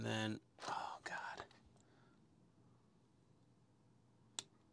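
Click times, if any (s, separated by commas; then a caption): 4.4 s. A small plastic part is pressed into the engine of an Agora Models 1:18 scale Mitsubishi A6M Zero Fighter partwork kit while someone talks quietly. After a stretch of near silence, it snaps into place with a single sharp, loud click at 4.4 s, and the part is seated.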